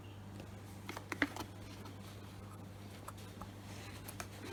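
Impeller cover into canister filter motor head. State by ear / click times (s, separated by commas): not seated / none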